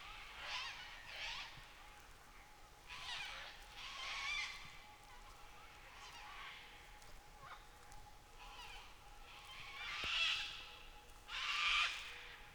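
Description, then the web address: Cockatoo screeches: raucous squawks in irregular bursts, ending in two louder harsh calls, with a faint steady tone running underneath. Cockatoos in Nightcap National Park, Australia. "Les Cartes Postales Sonores NOISE ON EARTH Vol 7 AUSTRALIA Les Cartes Postales Sonores Cocatoes of Nightcap NP"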